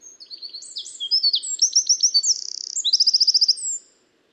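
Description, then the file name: Eurasian wren song, a rapid cascade of high piercing notes with a dry rattle in the middle and a ringing trill after, ending cleanly after three and a half seconds. "Troglodytes troglodytes"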